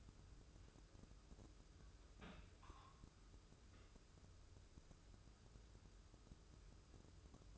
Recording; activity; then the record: daily activity, microphone in the room; place on stove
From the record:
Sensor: 2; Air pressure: 995.3 hPa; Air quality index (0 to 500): 81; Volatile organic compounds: 3 ppm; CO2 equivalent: 1457 ppm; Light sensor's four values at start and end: 23/74/29/28 and 23/74/29/28